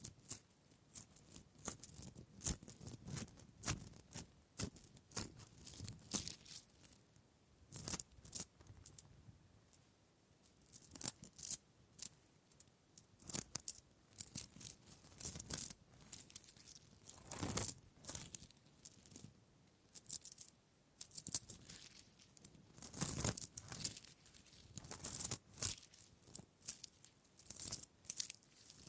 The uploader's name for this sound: Wood Triggers